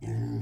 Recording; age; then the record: pig call; weaner (32 to 43 days)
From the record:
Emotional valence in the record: positive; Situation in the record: positive conditioning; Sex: female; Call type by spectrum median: low-frequency call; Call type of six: low-frequency stable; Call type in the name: low-frequency stable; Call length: 0.42 s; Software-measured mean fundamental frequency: 57 Hz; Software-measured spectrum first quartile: 113 Hz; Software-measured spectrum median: 163 Hz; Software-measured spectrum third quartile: 335 Hz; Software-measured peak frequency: 116 Hz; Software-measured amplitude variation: 70 dB a second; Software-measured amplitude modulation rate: 29.6 a second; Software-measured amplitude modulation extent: 2.4 dB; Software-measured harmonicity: -4.1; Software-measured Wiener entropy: -0.32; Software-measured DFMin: 957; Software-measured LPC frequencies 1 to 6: 1836, 3195, 4610, 5016, 6247, 7511 Hz